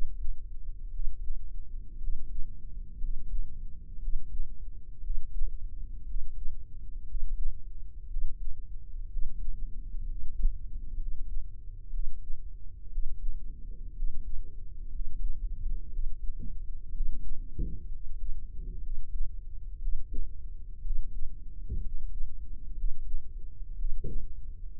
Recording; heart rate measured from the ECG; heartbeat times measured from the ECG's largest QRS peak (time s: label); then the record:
heart sounds by microphone in the right ear; 60 bpm
0.88 s: heartbeat
1.96 s: heartbeat
2.96 s: heartbeat
3.96 s: heartbeat
4.98 s: heartbeat
6.02 s: heartbeat
7.02 s: heartbeat
8.05 s: heartbeat
9.05 s: heartbeat
10.04 s: heartbeat
10.94 s: heartbeat
11.87 s: heartbeat
12.86 s: heartbeat
13.91 s: heartbeat
14.87 s: heartbeat
15.87 s: heartbeat
16.89 s: heartbeat
17.87 s: heartbeat
18.78 s: heartbeat
19.76 s: heartbeat
20.79 s: heartbeat
21.78 s: heartbeat
22.71 s: heartbeat
23.73 s: heartbeat
24.77 s: heartbeat
From the record:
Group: healthy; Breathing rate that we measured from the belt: 15 breaths a minute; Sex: male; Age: 23 years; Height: 178 cm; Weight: 96.6 kg